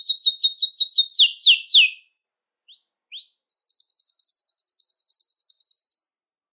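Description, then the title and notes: Belgian canary song: a run of fast descending notes, a short pause with two soft upslurs, then a long rapid buzzy trill of high repeated notes. "Canario Belga, nyonyastudio"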